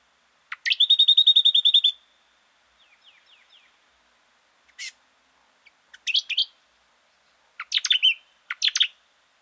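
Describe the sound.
Brown honeyeater song: a fast rattling trill of repeated whistled notes, then soft downslurred chips and several loud warbled phrases with sharp clicks.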